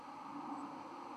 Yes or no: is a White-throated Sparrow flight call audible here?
no